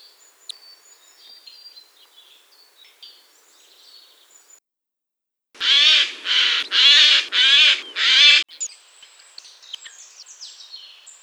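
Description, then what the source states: Bird song unit of five harsh, buzzy notes in quick succession, each about half a second long, with faint high chirps before and after. A single numbered unit cut from a bird's song, split into sound units.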